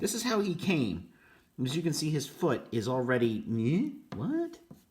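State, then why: Not seated. Someone talks while handling a Hasbro Star Wars Black Series Mace Windu action figure, bending its plastic foot at the ankle joint where it fits into the leg; only speech is heard. Nothing has seated or clicked yet, since the joint's snap back into its socket, a return to place rather than a break, comes just after this clip.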